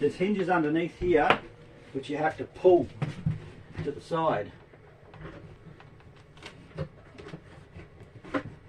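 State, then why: Seated. Someone talks while the hinges underneath a caravan's fold-up table extension are pulled to the side and the leaf is lowered, with a series of soft knocks and handling sounds after the talking stops. The leaf snaps down into place on its hinges with the loudest, sharpest click at 8.4 s.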